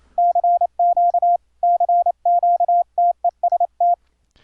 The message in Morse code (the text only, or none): CQ CQ TEST